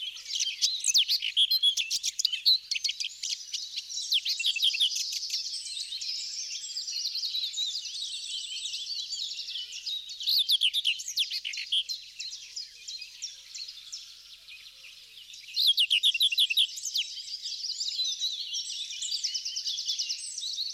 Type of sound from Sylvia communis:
song